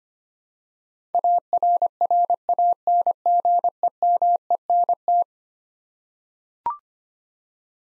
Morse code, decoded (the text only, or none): ARRANGEMENT